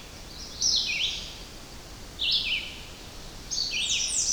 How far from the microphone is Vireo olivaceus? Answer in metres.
about 25 m